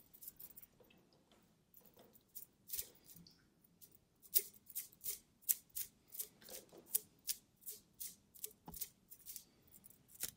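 A small metal toy is handled and played with, giving short, sharp clicking snips that reach up into a bright hiss. They start sparse and uneven, then from about four seconds settle into a quicker, fairly regular run of strokes over a low, soft rumble.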